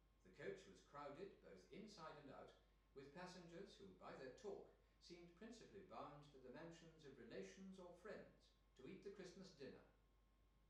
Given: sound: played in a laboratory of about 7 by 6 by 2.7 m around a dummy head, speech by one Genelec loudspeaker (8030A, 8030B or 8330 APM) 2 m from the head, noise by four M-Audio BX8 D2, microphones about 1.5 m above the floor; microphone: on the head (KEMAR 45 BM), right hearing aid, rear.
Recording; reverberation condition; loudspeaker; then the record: male speech in English; medium; 120 degrees to the left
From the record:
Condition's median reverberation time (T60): about 510 ms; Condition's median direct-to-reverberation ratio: about -0.5 dB